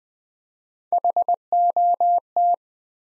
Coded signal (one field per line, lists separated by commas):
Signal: Morse code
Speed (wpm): 20 wpm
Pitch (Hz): 700 Hz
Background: none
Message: HOT